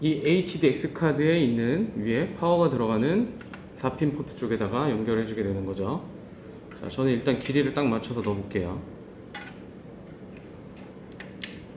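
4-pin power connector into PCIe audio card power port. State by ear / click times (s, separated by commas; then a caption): seated / 11.4 s. A 4-pin power cable from the chassis is pushed into the power port on top of an Avid HDX PCIe card. Someone talks for most of the clip, then a few small clicks follow near the end. The connector clicks into place at 11.4 seconds, seating it.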